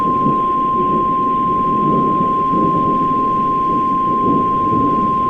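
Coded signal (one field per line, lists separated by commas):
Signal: Emergency Alert System (SAME) tones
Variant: 1050 Hz attention tone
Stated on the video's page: Fictional EAS scenario recreation with valid EAS tones, styled after older NOAA Weather Radio CRS broadcasts with text-to-speech voices.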